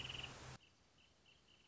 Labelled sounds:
Wrentit
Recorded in Sonoma County, California

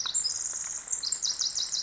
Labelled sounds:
Pacific Wren
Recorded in Sonoma County, California

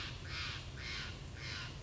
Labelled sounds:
Steller's Jay
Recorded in Sonoma County, California

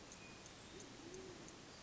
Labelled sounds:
Band-tailed Pigeon
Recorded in Sonoma County, California

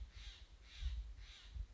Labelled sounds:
Steller's Jay
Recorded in Sonoma County, California

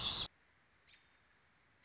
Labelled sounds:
American Robin
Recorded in Sonoma County, California

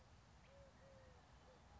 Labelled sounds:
Eurasian Collared Dove
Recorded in Sonoma County, California

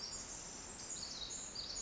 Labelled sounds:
Pacific Wren
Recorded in Sonoma County, California

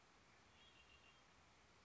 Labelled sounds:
Red-winged Blackbird
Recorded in Sonoma County, California

